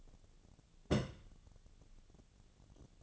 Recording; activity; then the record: daily activity, microphone in the room; place on stove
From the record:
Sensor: 4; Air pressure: 1000.8 hPa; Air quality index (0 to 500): 123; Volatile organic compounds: 1 ppm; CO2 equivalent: 925 ppm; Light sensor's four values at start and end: 46/113/48/53 and 46/113/48/53